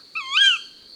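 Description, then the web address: One loud tawny owl kewick, a screechy note rising and falling with rich harmonics, then quiet. "la chouette hulotte. album cuicui-et-compagnie"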